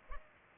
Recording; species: mosquito wingbeat signal from an infrared sensor; Culex pipiens